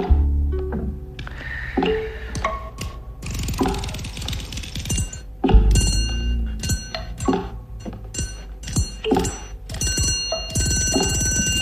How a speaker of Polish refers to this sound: telefon.